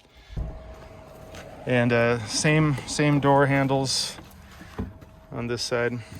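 Someone talks while handling the door handle and hold-open latch on the second side of a 2021 Mean Bean teardrop overland trailer, with brief handling knocks between the words. The latch is being worked but has not yet locked in place; nothing has seated or clicked yet.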